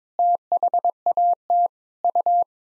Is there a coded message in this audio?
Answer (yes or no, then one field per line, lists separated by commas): yes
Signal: Morse code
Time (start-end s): 0.2-2.4 s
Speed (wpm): 22 wpm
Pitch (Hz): 700 Hz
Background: none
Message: THAT U